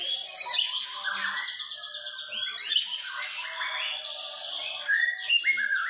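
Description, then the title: White-rumped shama song, a dense, fast run of varied whistles, trills and chattering notes pouring out almost without pause. Lure recording of an actively singing bird, meant to make a shama respond at once. "PANCINGAN MEWAH MURAI BATU GACOR, SEKALI DENGAR AMPUH LANGSUNG RESPON"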